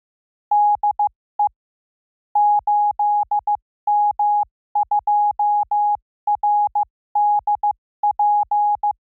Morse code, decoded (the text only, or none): DE 8M2RDP